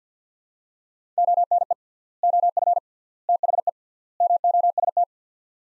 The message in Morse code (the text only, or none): ONE OF THE MOST